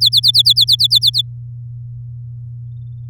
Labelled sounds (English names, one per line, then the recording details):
Domestic Canary song
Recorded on 7 May 2018 at 11:41
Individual llb16